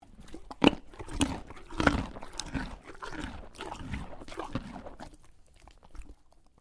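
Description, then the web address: Horse chewing, with irregular crunchy bites and grinding munches over several seconds that fade toward the end. Horse eating, munching a carrot. "Lynne Music 2 Horse-Eating-Munching-Carrot"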